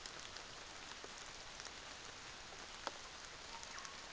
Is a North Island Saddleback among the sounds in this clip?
no